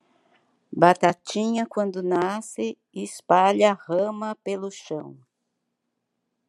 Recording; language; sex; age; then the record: short text; Brazilian Portuguese; female; 70 to 79 years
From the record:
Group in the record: control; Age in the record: 72 years